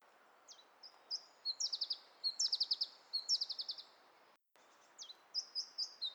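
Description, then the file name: Iberian chiffchaff singing high, clipped notes that begin slowly and quicken into rapid chattering runs, in several phrases. "iberischer zilpzalp"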